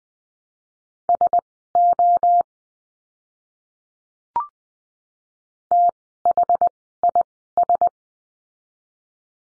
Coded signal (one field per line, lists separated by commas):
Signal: Morse code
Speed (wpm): 20 wpm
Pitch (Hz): 700 Hz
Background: none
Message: SO THIS